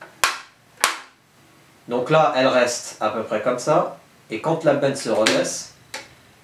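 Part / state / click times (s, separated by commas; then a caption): rear tailgate of an RC tipper truck bed into its locking hooks / not seated / none. On a Tamiya Actros RC tipper truck, the bed is lowered so the rear tailgate should swing shut and be caught by its locking hooks. Two sharp ticks sound near the start, someone talks, and another tick comes near the end. The tailgate has not latched or clicked into its hooks; it fails to lock unless it is held pressed shut.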